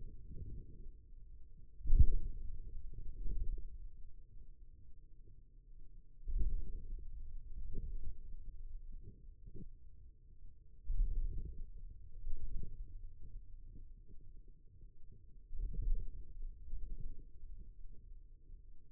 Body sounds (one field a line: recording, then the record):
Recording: forearm muscle sounds (acoustic myography)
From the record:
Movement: hand closing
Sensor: system 2, bracelet of six BSWA MPA416 microphones around the upper forearm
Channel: 3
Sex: male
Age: 22 years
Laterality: right